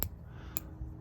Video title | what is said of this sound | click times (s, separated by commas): New Britain Tools NS 58 1/2 Breaker Bar: They Don’t Make em Like they used to. | you can actually see it locks in place. You can hear it. | 0.0 s, 0.6 s